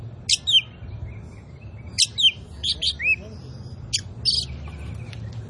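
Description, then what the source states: Oriental magpie-robin giving sparse paired sharp notes and slurred whistles roughly every two seconds, with a quiet low background hum. Indonesian name kacer poci; described as gacor, singing actively and constantly.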